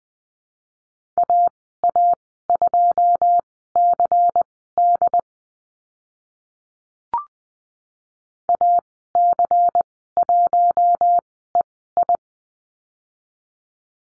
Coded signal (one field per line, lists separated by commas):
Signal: Morse code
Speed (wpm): 20 wpm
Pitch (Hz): 700 Hz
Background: none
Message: AA2CD AC1EI